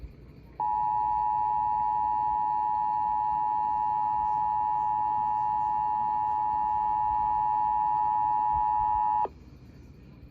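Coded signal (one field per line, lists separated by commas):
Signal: Emergency Alert System (SAME) tones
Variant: 853 and 960 Hz attention tone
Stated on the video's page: Severe Thunderstorm Warning relayed on an FM station at 96.3 MHz, two warnings combined into one activation.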